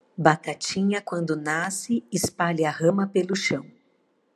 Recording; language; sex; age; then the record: short text; Brazilian Portuguese; female; 40 to 49 years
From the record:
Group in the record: control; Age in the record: 45 years